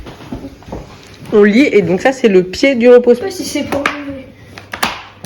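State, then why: Seated. A leg is pushed into the base of a footrest during assembly while someone talks. It snaps home with a double click at 4.7 s and 4.8 s, seating in place and then holding.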